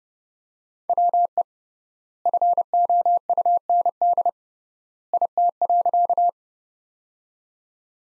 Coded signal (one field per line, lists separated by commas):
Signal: Morse code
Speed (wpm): 30 wpm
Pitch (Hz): 700 Hz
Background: none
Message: WE FOUND IT.